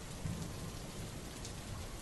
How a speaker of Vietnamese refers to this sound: Cơn mưa mỗi lúc một lớn hơn, và vì họ đang ở gần đỉnh núi, cho nên những tiếng sấm đánh ầm ầm mỗi lúc một lớn, khiến ai nó không khỏi rùng mình sợ hãi.